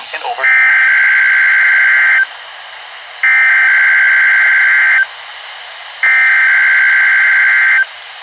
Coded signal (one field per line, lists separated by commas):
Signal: Emergency Alert System (SAME) tones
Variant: header bursts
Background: speech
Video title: EAS: WNG704 Weekly Test (6/12/19)(EAS #114)